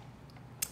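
A hand pushes down on a self-inking stamp body to release its locked-down frame so the plastic mechanism springs back. After a faint tick at 0.3 s, a sharp click sounds at 0.6 s as the lock clicks open and the stamp is released.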